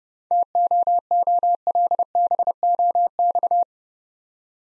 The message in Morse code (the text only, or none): TOOLBOX